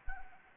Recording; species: mosquito wingbeat signal from an infrared sensor; Anopheles arabiensis